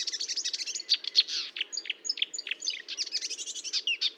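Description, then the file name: Marsh warbler pouring out a dense, rapid jumble of chips, buzzes and whistled notes with hardly a break. Recorded at Fontaine-Française, Fourneau, on 1 June 2022 at 10:55, using a Nagra recorder with a Telinga parabolic microphone. "Rousserolle verderolle 1055 Fontaine-Francaise-Fourneau"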